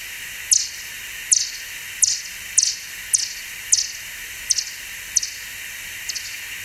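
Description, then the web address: Bat calls: a regular series of crisp chirps, the last ones softer, against steady hiss. Bat call listening example for teaching, from LMU Munich teacher education materials. "fledermaus hoerbeispiele-fledermausrufe fledermausruf"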